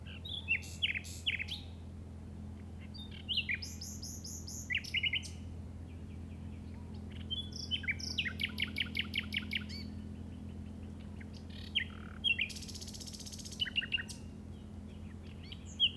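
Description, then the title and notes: Common nightingale song: a long run of varied phrases with fast rattling trills, sharp chirps and a brief noisy buzz, over a steady low hum. Recorded in the Llobregat Delta at 06:00 on 8 May 2015 with a Zoom recorder. "Grabación de ruiseñor común (Luscinia megarhynchos) en el Delta del Llobregat a las 06:00 del 08/05/2015."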